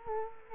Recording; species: mosquito wingbeat signal from an infrared sensor; Culex quinquefasciatus